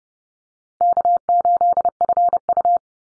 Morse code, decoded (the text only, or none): K8FU